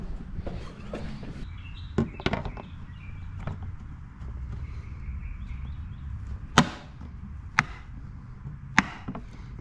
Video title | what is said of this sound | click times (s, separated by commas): 3rd Gen 4Runner Nguyen Works Bumper With Hitch & 4Cam Engineering Cabin Vent Install | 4 clicks. The tabs setting in place. | 2.3 s, 6.6 s, 7.6 s, 8.8 s